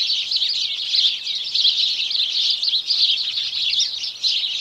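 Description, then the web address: House sparrows in full chorus, many bright cheeps layered together into an unbroken, lively chatter with little pause. Morning chorus of house sparrows. "BBC Sparrows"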